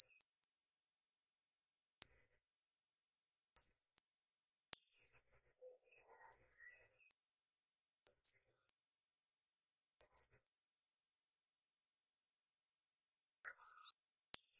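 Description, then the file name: Tropical kingbird song: very high, short notes spaced a second or more apart, with one long buzzy twittering trill in the middle; otherwise quiet. "canto do suiriri"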